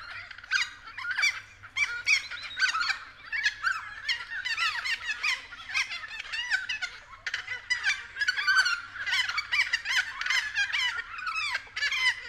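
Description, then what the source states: Raucous friarbird chorus, many grating, chattering notes overlapping continuously in rapid bursts. Several friarbirds calling at 6:30 AM.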